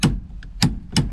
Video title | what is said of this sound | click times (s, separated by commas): HOW TO INSTALL A AFTERMARKET STEERING WHEEL IN YOUR MIATA | all right so we're going to take our torque wrench we're going to torque it down to 36 foot pounds turn until you hear the click | 1.0 s